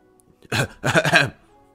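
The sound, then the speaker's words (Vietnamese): A person raises a hand and gives a couple of dry, throat-clearing coughs: a short burst followed by a longer, rougher one, fairly loud and voiced, then quiet. “Miêu Nghị giơ tay, ho khan mấy tiếng”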